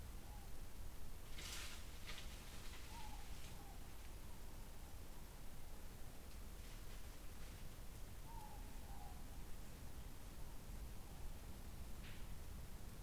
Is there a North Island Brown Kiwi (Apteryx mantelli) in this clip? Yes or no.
no